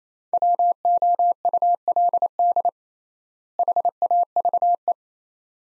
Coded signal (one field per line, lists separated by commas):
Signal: Morse code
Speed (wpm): 28 wpm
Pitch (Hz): 700 Hz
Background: none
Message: WOULD HAVE